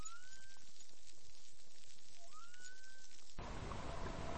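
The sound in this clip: Whale song: thin, higher rising whistles drawn out and level, over hissing noise that turns into a loud burst of static near the end.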